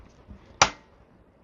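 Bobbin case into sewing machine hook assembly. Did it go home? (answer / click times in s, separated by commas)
yes / 0.6 s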